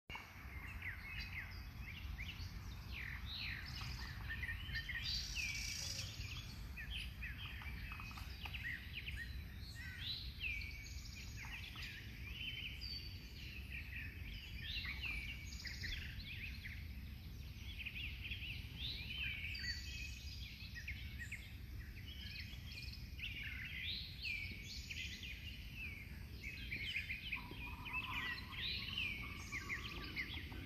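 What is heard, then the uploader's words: A backyard morning filled with constant overlapping birdsong, bright chirps and trills throughout, over a steady low rumble of distant background noise. Sounds from My Backyard this Morning. Two sections of interstate are within earshot of my house.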